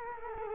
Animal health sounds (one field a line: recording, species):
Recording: mosquito wingbeat signal from an infrared sensor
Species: Culex quinquefasciatus